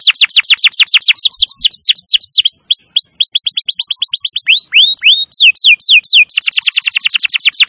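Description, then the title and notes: Canary singing continuously: fast repeated high sweeping notes changing pace, some slower swoops, ending in a very rapid trill. Masteran recording of a canary singing continuously (gacor), used to lure wild canaries. "Pikat Kenari GACOR PANJANG INI Cocok Untuk Masteran KENARI LIAR. Masteran burung kenari gacor parah"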